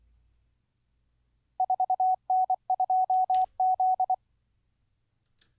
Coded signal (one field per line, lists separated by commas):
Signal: Morse code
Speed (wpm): 24 wpm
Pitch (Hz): 750 Hz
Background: radio noise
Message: 4N2Z